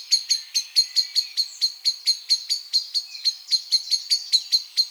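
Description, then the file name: Common blackbird calling with sharp, hard clicks in a rapid, fairly even series, above a constant high tonal hum. "Turdus merula"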